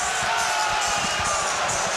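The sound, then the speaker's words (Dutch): A huge football stadium crowd roars in celebration of FC Utrecht's equalising goal, headed in by Ryan Flamingo, a dense, sustained wall of cheering and whooping that stays loud and steady throughout. “Ik weet niet of jullie hem al horen, maar hier is de gelijkmaker voor FC Utrecht. En hoor dat publiek. Ze worden dol enthousiast.”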